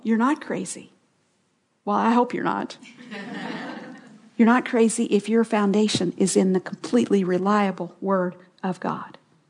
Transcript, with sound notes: You are not crazy. Well, I hope you are not. (laughter) You are not crazy if your foundation is in the completely reliable Word of God.